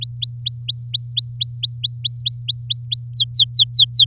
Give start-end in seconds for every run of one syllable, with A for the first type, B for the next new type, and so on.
0.01-3.05 A, 3.10-4.05 B